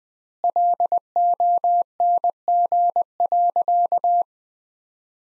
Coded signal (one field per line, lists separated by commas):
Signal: Morse code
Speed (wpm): 21 wpm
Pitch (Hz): 700 Hz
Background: none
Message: LONG.